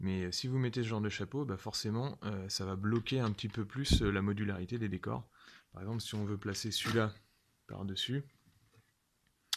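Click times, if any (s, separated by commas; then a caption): 9.5 s. Someone talks while placing a plastic wargame scenery section on top of another terrain section. At 9.5 s a short, sharp plastic contact sound is heard as the section slots directly onto the one below and seats in place.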